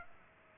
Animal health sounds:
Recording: mosquito wingbeat signal from an infrared sensor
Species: Aedes aegypti

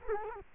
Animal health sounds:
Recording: mosquito wingbeat signal from an infrared sensor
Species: Culex quinquefasciatus

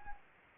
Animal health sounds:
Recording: mosquito wingbeat signal from an infrared sensor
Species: Anopheles gambiae

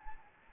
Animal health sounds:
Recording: mosquito wingbeat signal from an infrared sensor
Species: Anopheles arabiensis

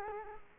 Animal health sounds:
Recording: mosquito wingbeat signal from an infrared sensor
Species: Culex quinquefasciatus

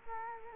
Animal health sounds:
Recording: mosquito wingbeat signal from an infrared sensor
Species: Culex quinquefasciatus

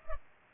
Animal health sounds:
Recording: mosquito wingbeat signal from an infrared sensor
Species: Culex pipiens

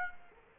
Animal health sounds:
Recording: mosquito wingbeat signal from an infrared sensor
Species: Aedes aegypti

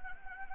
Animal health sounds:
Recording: mosquito wingbeat signal from an infrared sensor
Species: Anopheles gambiae

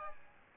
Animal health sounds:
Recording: mosquito wingbeat signal from an infrared sensor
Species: Aedes albopictus

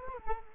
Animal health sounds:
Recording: mosquito wingbeat signal from an infrared sensor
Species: Culex quinquefasciatus

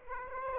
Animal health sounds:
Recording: mosquito wingbeat signal from an infrared sensor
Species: Aedes aegypti

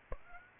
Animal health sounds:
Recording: mosquito wingbeat signal from an infrared sensor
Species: Aedes aegypti

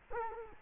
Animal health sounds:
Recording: mosquito wingbeat signal from an infrared sensor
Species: Culex quinquefasciatus

